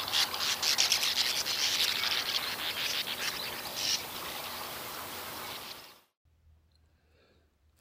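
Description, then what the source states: Bank Swallow call: rough, grating, buzzy chatter in quick irregular pulses for about six seconds, then near silence. Call likened to the rough-winged swallow's laser-gun call but lower, harsher and more mechanical, like an old-fashioned receipt-printing calculator.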